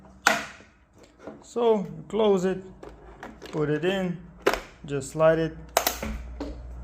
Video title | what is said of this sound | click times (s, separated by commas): Xiaomi Robot Vacuum S10+ | and you hear the click | 5.8 s